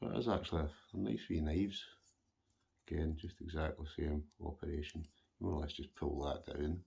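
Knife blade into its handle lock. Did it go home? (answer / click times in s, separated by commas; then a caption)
no / none. A black CJRB Acacia J1952 folding knife with an AR-RPM9 steel blade and a nylon (FRN) handle is handled as its blade is pulled down to open it. Someone talks throughout. Nothing has locked into place yet.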